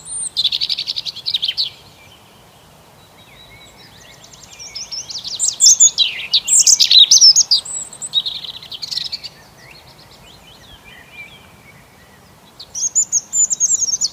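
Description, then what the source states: Bird song, bursts of busy high chirping and warbling separated by quieter gaps. Birds singing on an early spring morning.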